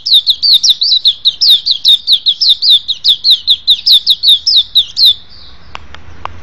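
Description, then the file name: White-eye song of quick, high, jumbled chirping notes in a steady run, ending after about five seconds with a few faint clicks. "suara pleci"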